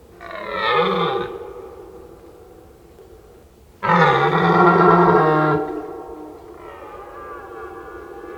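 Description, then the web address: Red deer stag with a rising and falling roar, then a longer, louder, even-pitched roar that fades into a lingering groan. During the rut. "rotwild rothirschbrunft"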